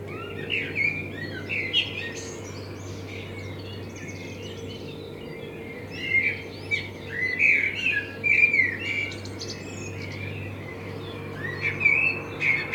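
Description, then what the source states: Common blackbird delivering several rich, fluting phrases, each trailing into high chattering notes, with a low background hum. Binaural dummy-head recording with a self-built artificial head, made in front of the recordist's window; intended for headphone listening.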